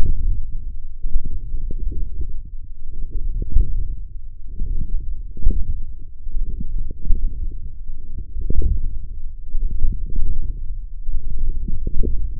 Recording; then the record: forearm muscle sounds (acoustic myography)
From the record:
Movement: forearm pronation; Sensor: system 1, eight BSWA MPA416 microphones around the upper forearm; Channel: 6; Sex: male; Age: 21 years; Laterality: right